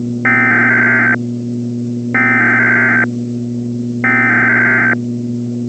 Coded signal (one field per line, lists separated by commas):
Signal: Emergency Alert System (SAME) tones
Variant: header bursts